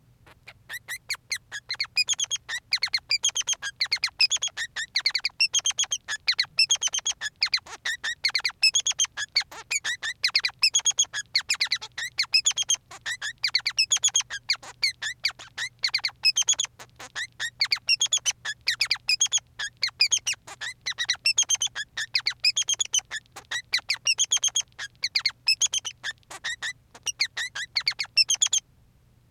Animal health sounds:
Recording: song of a male Bengalese finch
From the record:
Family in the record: son of father 3

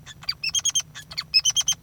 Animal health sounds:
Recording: song of a male Bengalese finch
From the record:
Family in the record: father 3

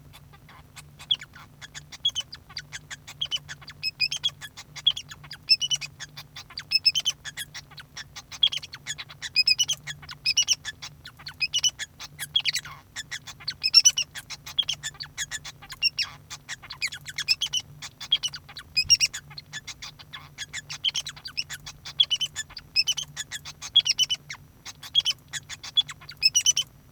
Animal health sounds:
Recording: song of a male Bengalese finch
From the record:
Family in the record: son of father 2

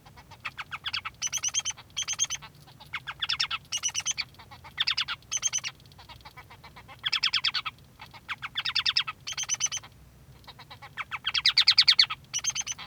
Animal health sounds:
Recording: song of a male Bengalese finch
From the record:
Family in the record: son of father 3

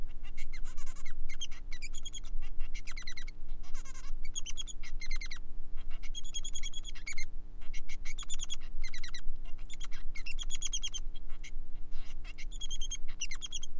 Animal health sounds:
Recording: song of a male Bengalese finch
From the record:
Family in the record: son of father 3

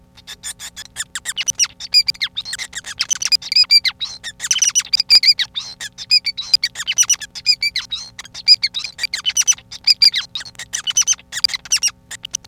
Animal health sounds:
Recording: song of a male Bengalese finch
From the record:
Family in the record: son of father 5

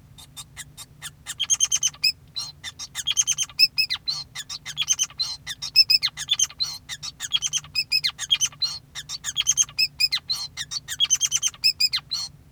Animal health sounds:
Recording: song of a male Bengalese finch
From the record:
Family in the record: son of father 5

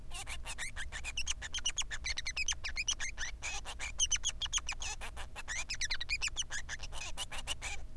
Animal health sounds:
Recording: song of a male Bengalese finch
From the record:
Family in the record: son of father 3

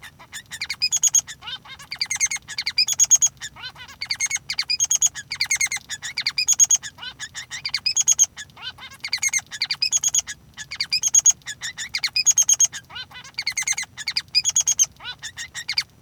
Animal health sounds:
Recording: song of a male Bengalese finch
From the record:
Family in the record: son of father 3

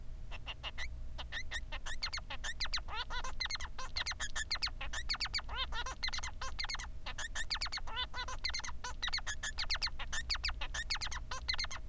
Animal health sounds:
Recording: song of a male Bengalese finch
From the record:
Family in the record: son of father 3

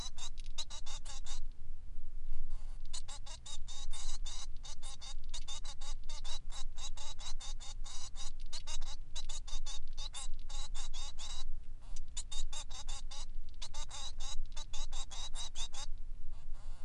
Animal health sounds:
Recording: song of a male Bengalese finch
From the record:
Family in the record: son of father 3

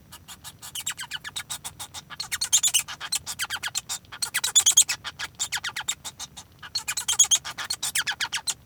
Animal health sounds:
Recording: song of a male Bengalese finch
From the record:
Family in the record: son of father 1

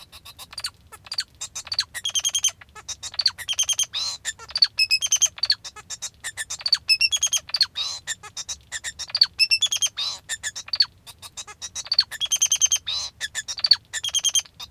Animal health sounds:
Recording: song of a male Bengalese finch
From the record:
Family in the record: father 2

